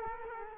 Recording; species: mosquito wingbeat signal from an infrared sensor; Culex quinquefasciatus